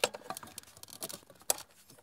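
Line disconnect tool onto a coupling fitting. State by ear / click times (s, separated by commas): seated / 1.5 s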